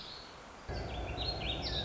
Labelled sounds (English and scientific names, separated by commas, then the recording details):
Warbling Vireo (Vireo gilvus)
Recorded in Sonoma County, California